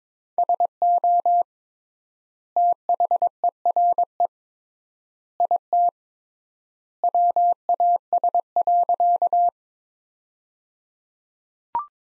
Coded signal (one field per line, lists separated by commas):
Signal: Morse code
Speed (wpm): 22 wpm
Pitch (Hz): 700 Hz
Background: none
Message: SO THERE IT WAS.